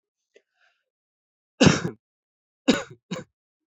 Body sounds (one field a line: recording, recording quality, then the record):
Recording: heavy voluntary cough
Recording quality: excellent, no background noise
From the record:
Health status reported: respiratory illness, not identified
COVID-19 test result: not tested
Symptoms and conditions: breathing difficulty, asthma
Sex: male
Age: 18 years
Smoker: not ticked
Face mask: not worn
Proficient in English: no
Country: India